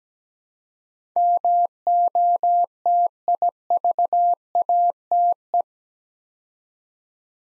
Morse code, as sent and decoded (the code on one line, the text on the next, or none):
-- --- - .. ...- .- - .
MOTIVATE